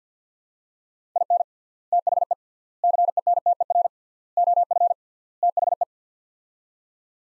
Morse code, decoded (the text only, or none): IN THE CENTER OF THE